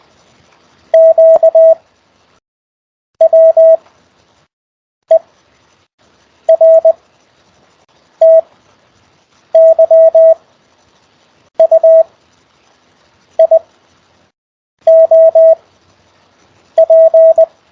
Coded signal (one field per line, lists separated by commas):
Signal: Morse code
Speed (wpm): 20 wpm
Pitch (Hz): 650 Hz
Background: none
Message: Q W E R T Y U I O P